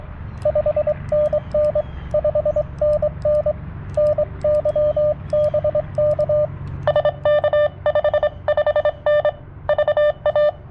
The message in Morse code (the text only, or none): 5NN 5NN NY BK SK 55N VA